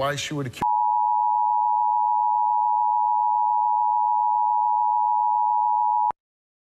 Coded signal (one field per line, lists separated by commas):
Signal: Emergency Alert System (SAME) tones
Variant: 853 and 960 Hz attention tone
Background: speech